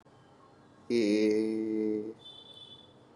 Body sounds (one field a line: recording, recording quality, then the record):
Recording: sustained vowel as in made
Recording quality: moderate, slight background noise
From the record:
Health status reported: COVID-19 positive, mild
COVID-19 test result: positive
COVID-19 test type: RT-PCR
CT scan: not taken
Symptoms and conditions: cough, cold, fever, fatigue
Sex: male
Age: 32 years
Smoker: no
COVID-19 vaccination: both doses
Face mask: not worn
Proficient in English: yes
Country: India